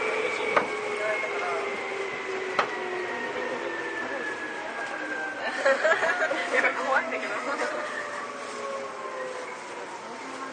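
A Seibu old 2000 series train rides along, its motor whine sliding slowly and steadily lower in pitch as it slows. Sharp knocks sound near the start and at about two seconds, and a cluster of clattering bursts and voices comes around six seconds.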